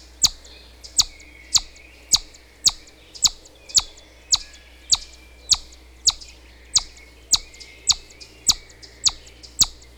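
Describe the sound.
Chipmunk calling with crisp, high chips in a long even series, close to two per second.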